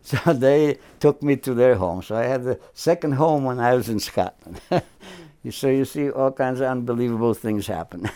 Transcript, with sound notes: So they took me to their home. So I had the second home when I was in Scotland. [Chuckles] So you see, all kinds of unbelievable things happen.